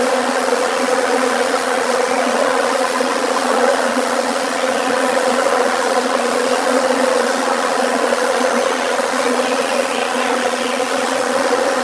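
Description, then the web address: Bees buzzing, a dense steady hum of many wingbeats that holds without a break throughout, with no other clear sounds. "anasyn caracalla thesis L 01 bees"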